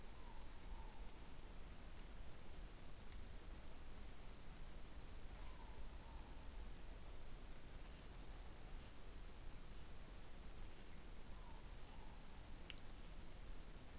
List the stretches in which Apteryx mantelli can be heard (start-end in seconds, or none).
none